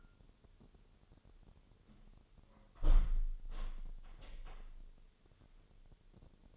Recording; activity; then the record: daily activity, microphone in the room; close window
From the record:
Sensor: 4